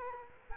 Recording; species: mosquito wingbeat signal from an infrared sensor; Culex quinquefasciatus